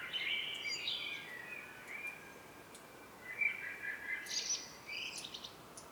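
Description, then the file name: Common blackbird song, warbled fluty phrases around mid pitch followed by thin high squeaky twitters, with a steady background hiss. "Turdus merula"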